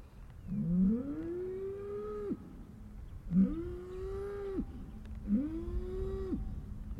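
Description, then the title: Cow moos three times, each call starting low and sliding upward into a sustained bellow. "Harmony in Hooves: Decoding the Rhythms of Cow Conversations"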